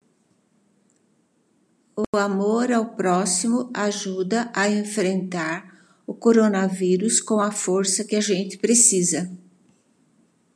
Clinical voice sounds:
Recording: spoken sentence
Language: Brazilian Portuguese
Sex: female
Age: 70 to 79 years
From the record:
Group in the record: control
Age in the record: 74 years

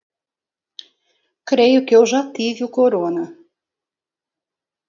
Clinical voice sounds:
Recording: spoken sentence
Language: Brazilian Portuguese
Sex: female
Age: 60 to 69 years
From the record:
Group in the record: control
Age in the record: 62 years

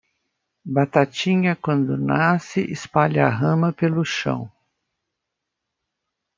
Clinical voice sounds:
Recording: short text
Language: Brazilian Portuguese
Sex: female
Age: 60 to 69 years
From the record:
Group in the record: control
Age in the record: 68 years

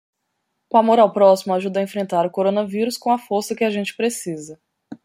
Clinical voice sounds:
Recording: spoken sentence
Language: Brazilian Portuguese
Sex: female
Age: 30 to 39 years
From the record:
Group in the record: control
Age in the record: 31 years

